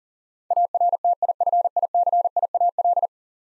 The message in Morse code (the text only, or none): ARTIFICIAL